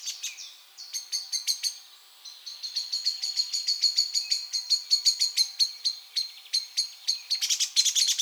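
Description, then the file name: Common blackbird giving sharp clicking calls in uneven runs, with some quick rattling bursts, over a steady high tone. "Turdus merula"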